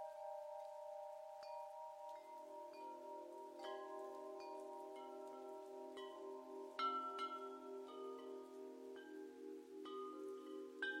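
A wind chime rings with overlapping, sustained tones that hang and blend together. Fresh strikes land irregularly every second or so, some brighter and sharper, with a louder cluster near seven seconds, while lower tones swell in after two seconds.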